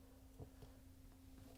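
A new plastic Whirlpool/KitchenAid/Maytag WPW10455272 water supply diverter cover is set in place on the dishwasher tub floor, with its arrows lined up before it is turned over the locking tab. Faint handling taps are heard around 0.4 s and 0.6 s over a steady low hum. Nothing has clicked or seated yet.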